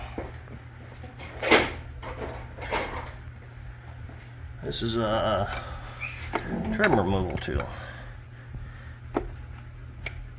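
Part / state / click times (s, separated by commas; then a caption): fuel line quick-connect onto engine fuel rail / seated / 10.1 s. Someone talks while a fuel line's plastic quick-connect fitting is pushed back onto the engine's metal fuel rail, with a trim removal tool at hand. A sharp click is heard at 10.1 s as the fitting seats onto the rail.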